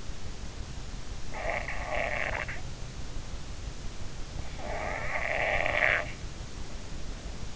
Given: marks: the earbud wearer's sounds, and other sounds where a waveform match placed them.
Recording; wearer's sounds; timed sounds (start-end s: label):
sounds in sleep by an in-ear microphone; snoring breath
1.38-2.55 s: snoring breath
4.46-5.99 s: snoring breath